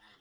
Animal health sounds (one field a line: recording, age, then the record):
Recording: pig call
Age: piglet (1 to 25 days)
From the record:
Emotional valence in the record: positive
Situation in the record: short reunion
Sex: female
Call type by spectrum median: low-frequency call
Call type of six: low-frequency tonal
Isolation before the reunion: 3 minutes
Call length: 0.20 s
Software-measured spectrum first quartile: 1311 Hz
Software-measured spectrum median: 2101 Hz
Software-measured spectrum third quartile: 3668 Hz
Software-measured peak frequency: 1802 Hz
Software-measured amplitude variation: 74 dB a second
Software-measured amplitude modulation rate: 17.0 a second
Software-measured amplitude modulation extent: 4.4 dB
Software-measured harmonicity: -0.2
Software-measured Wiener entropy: -0.80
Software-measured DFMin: 510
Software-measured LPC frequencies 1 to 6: 983, 1845, 2977, 3573, 5060, 6629 Hz